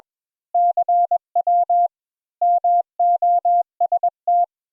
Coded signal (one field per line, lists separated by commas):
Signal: Morse code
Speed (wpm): 21 wpm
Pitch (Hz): 700 Hz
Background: none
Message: CW MOST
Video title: Morse Code Practice Session 1